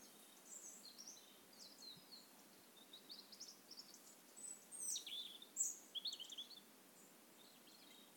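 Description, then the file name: European robin producing faint high, thin notes that build into a livelier, scratchy cluster around five to six seconds over steady background hiss. "Erithacus rubecula"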